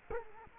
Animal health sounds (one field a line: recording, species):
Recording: mosquito wingbeat signal from an infrared sensor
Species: Culex quinquefasciatus